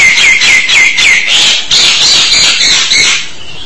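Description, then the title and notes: Starling song: harsh, buzzy phrases repeated in quick succession, with ringing whistled notes threaded through, fading at the end. "suara burung jalak"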